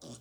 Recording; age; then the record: pig call; piglet (1 to 25 days)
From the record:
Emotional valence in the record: negative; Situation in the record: restrain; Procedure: sham castration, cut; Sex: male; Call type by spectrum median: low-frequency call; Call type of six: low-frequency tonal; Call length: 0.22 s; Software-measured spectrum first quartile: 297 Hz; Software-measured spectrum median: 1535 Hz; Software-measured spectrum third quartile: 6115 Hz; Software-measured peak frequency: 240 Hz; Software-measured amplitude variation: 82 dB a second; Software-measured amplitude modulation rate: 11.5 a second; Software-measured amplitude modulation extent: 7.2 dB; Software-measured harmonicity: 6.0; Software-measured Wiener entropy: -2.53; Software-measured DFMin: 1184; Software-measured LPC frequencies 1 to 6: 426, 3521, 4942, 5682, 6700, 7592 Hz